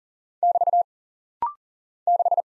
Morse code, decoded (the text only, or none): <BT> 6